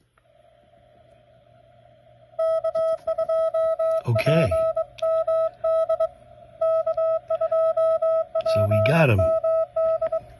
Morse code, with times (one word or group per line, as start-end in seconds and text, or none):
2.4-6.1 K2PMD
6.6-10.2 K2PMD